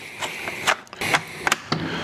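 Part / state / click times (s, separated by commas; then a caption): agitator brush into vacuum cleaner head / seated / 1.5 s. A new plastic agitator brush is slid into a Dyson vacuum cleaner head, with scraping plastic rubs before two sharp clicks at 1.5 s and 1.5 s as its end fits home. A further tick follows at 1.7 s, and the brush ends up fitted and sealed in the head.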